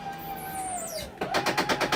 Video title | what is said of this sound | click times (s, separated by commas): RV tips and tricks 2018 Forester LCI One control and Radio | right, I hear the clicking. We stop. It's over. | 1.2 s, 1.9 s